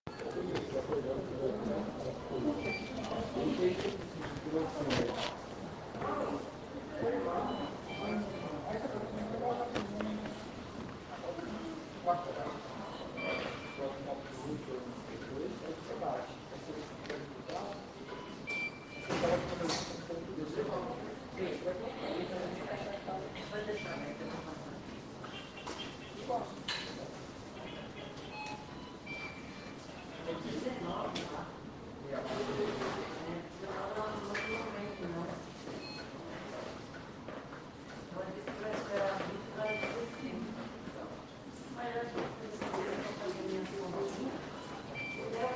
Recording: hospital ward noise